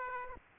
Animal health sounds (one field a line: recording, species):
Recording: mosquito wingbeat signal from an infrared sensor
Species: Aedes aegypti